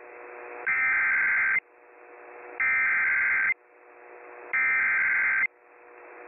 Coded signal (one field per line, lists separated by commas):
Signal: Emergency Alert System (SAME) tones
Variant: header bursts